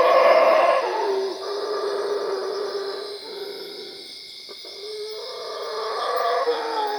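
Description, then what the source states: Howler monkey howling, a loud rough burst at the start followed by long lower droning moans and a late rise, a steady high buzz continuing. Recorded at Cuevas.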